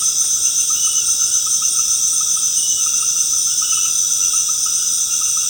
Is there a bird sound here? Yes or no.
no